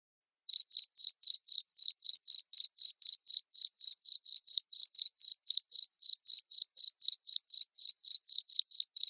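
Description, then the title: Cricket chirping, a loud steady series of short high-pitched pulses, about four each second, with no other sounds. Loud cricket chirping played to make lovebirds sing continuously. "Suara JANGKRIK NGERIK Keras Bikin LOVEBIRD Jadi NGEKEK Terus Vubey"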